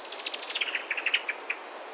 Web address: SETE Turdus merula